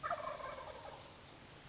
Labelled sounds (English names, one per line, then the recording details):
Wild Turkey
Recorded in Sonoma County, California